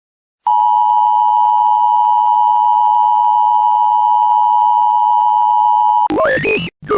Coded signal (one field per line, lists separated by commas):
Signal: Emergency Alert System (SAME) tones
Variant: 853 and 960 Hz attention tone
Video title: "Potential Threat" (Emergency Alert System)